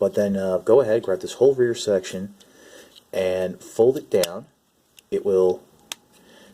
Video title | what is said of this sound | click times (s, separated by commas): Transformers Titans Return Seaspray | It will lightly click into place, and then fold down this little plate, | 5.9 s